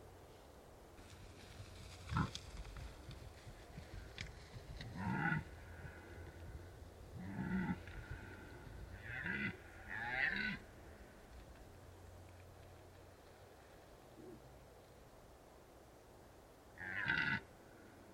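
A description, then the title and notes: Red deer stags bellow and grunt during the rut, in short rough bursts around two, five, seven to ten, and seventeen seconds. The calls sound hoarse, with a steady low rumble of wind or noise between them. Red deer stags rutting in the Carpathian Mountains, Bucovina, Romania. Red Deer Rut In Bucovina.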